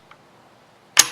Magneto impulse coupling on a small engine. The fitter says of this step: What I do, I turn it till it snaps